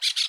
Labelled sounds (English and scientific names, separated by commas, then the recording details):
Brown-throated Parakeet (Eupsittula pertinax) contact call
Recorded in Aruba
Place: hill w/tanki N of Savaneta
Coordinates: 12.461, -69.944